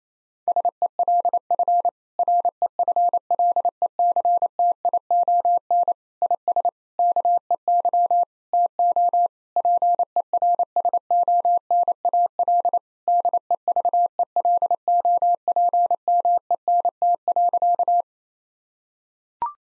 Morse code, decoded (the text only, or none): SELF REFLECTION IS KEY TO PERSONAL DEVELOPMENT.